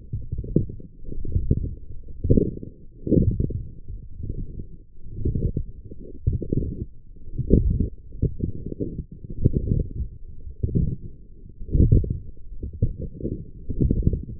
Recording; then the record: forearm muscle sounds (acoustic myography)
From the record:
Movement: forearm pronation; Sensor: system 1, eight BSWA MPA416 microphones around the upper forearm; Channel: 7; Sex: male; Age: 20 years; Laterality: left